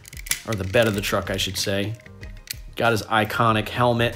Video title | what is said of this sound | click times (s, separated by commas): TOP 5 TRANSFORMERS RESCUE BOTS ACADEMY 1 STEP TOYS & REVIEW! THE BEST TRANSFORMERS 1 STEP TOYS! | it back and then it also has like a little click right in the back where the wheels are or | 0.3 s